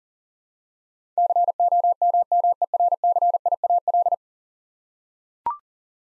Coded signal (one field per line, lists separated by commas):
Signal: Morse code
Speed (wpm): 40 wpm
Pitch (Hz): 700 Hz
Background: none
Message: COMMERCIAL